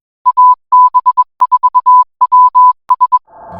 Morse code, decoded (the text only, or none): AB4WS